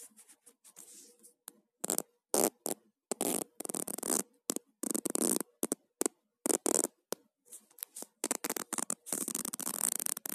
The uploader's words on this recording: ASMR - Zipper sounds.